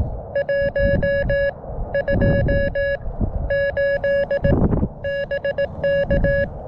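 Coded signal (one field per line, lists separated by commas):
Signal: Morse code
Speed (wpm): 17 wpm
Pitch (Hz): 560 Hz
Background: none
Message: 1 2 8 BK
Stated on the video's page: Morse from a Summits On The Air activation on a hilltop, working stations including New Zealand.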